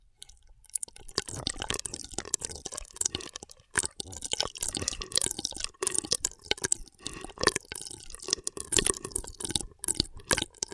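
Intense straw sounds: wet, crackly sucking and popping begin after a brief silent moment and run almost without pause. Dense, bright clicks and little plops pile up irregularly, with sharper snaps near four, six and ten seconds.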